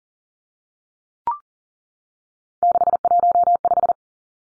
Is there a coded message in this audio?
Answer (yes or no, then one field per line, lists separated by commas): yes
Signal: Morse code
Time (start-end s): 2.6-3.9 s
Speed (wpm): 40 wpm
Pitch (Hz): 700 Hz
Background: none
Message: 615